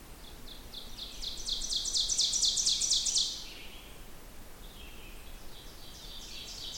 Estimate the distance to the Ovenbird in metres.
about 20 m